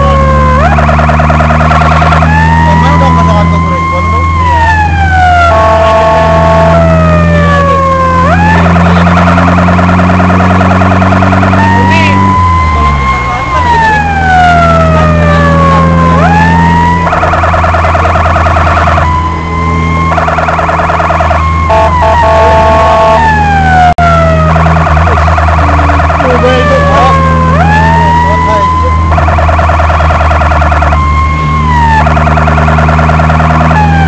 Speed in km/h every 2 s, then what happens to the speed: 56, 60, 59, 58, 65, 69, 69, 71, 72, 69, 69, 67, 69, 69, 68, 63, 68.
0-6 steady at about 58. 6-15 speeds up to 72. 15-34 steady at about 69.